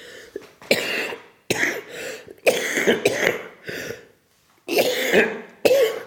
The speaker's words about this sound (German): Geht die Husterei schon wieder los.